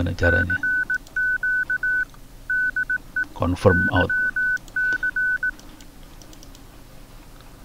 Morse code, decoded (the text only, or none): CQ DE YC